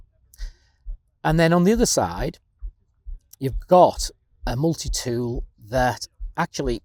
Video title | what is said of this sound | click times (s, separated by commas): Victorinox Climber Swiss Army Knife - SAK EDC | with its nice satisfying click | 0.3 s